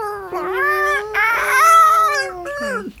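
A baby wails in high-pitched, sustained cries that rise and fall over three seconds in a small room, a studio.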